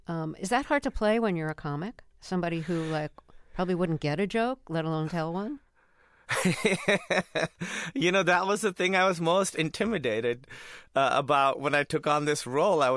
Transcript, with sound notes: Is that hard to play when you're a comic - somebody who, like, probably wouldn't get a joke, let alone tell one?
(Laughter) You know, that was the thing I was most intimidated about when I took on this role.